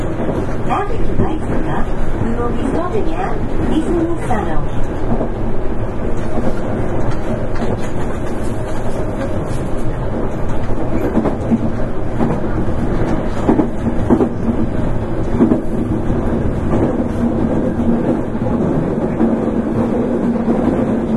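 Running sound recorded aboard a Nankai 8300 series train on an airport express. A steady, dense low rumble and roar continue throughout, with faint tonal hums and brief clicks and knocks scattered across the ride. Level stays even from start to finish.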